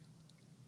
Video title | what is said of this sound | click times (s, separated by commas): At your side 🧵 Virtually! | and it's got like a magnet in there so when you get you can you hear that click yeah | 0.3 s